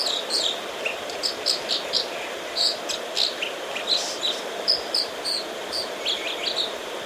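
American Dipper song, high sharp chirps repeated in quick bursts over steady background noise.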